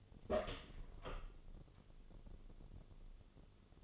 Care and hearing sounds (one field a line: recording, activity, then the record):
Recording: daily activity, microphone in the room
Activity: open door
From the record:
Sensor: 4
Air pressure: 1016.0 hPa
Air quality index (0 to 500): 199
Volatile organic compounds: 11 ppm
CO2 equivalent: 2271 ppm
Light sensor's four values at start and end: 9/20/8/7 and 9/20/8/7